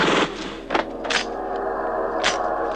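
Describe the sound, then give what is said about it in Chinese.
Several sharp, harsh bursts of gunfire and explosions at the Shilang Guesthouse crack out at irregular intervals over a steady, dense rumbling roar, with no voices. “仇人相见，分外眼红，顿时枪声大作，爆炸迭起。”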